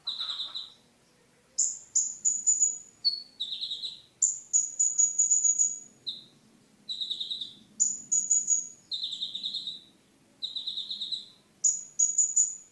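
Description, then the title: Oriental magpie-robin song of rapid high trilled notes mixed with lower falling whistles, coming in bursts separated by short silences. Song; recording over an hour long. "Kicau Kacer"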